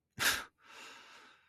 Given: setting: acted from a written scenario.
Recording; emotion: vocal sound without words; contempt